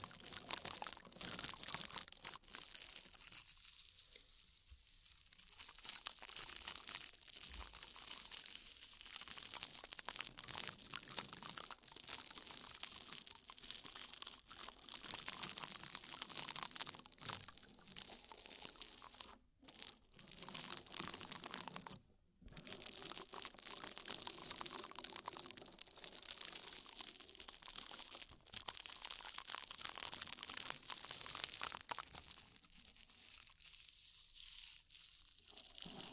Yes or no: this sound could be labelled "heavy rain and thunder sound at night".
no